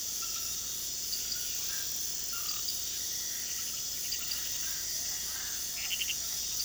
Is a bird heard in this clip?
no